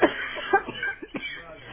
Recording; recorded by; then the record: voluntary cough; telephone call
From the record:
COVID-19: positive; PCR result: checked with the laboratory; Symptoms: yes